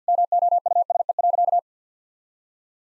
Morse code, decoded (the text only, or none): MOUSE.